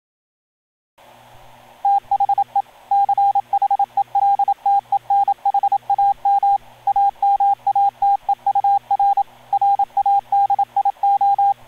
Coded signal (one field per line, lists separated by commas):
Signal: Morse code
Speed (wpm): 27 wpm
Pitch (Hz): 800 Hz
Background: radio noise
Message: THE CHELTENHAM AMATEUR RADIO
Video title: cara promotional video - psk31 section.movie.wmv